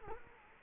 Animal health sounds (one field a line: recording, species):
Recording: mosquito wingbeat signal from an infrared sensor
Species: Culex quinquefasciatus